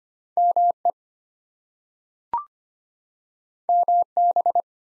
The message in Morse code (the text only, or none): ME MB